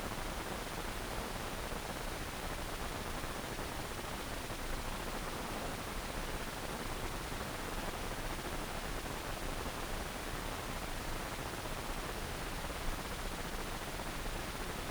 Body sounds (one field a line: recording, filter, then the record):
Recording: brain microelectrode recording played as sound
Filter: wide band, above 20 Hz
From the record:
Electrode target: subthalamic nucleus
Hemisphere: right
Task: reaching with the left hand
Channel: 1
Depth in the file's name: 1.506 mm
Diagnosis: Parkinson's disease